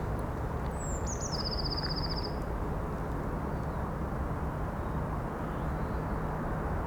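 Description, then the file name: Eurasian blue tit giving high, thin sliding notes that drop into a fast, even trill lasting about a second, over a steady low rumble. "Cyanistes caeruleus"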